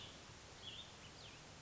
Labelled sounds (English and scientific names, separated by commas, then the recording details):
Cassin's Vireo (Vireo cassinii)
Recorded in Sonoma County, California